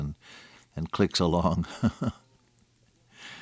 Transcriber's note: chuckle